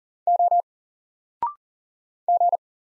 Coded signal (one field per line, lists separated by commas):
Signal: Morse code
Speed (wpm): 40 wpm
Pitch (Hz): 700 Hz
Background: none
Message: O G